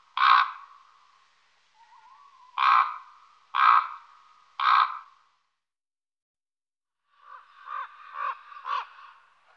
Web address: IVN Zangvogels -Raaf